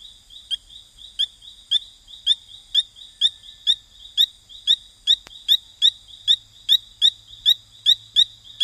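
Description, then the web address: Brilliant-thighed poison frog giving brief rising chirps at a steady pace, roughly two per second, with a soft high insect drone behind and one sharp click midway. Recorded in the Ecuadorian Amazon. "Natures Songs. Frogs of Ecuadorian Amazon Epipedobates femoralis"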